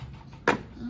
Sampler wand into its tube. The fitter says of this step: After everything is collected, it pops back into its little case and snaps into place.